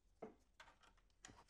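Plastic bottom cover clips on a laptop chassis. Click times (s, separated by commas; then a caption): 0.2 s, 0.6 s, 1.2 s. A plastic pry tool is run around the seam of the plastic bottom cover on an Asus TUF F15 (TUF506L) laptop to free its snap clips. Three sharp snaps are heard at 0.2, 0.6 and 1.2 seconds as the clips come free, releasing the cover so the chassis can be opened.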